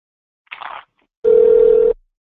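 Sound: telephone ringing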